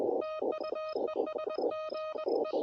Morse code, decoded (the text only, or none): TU ES GE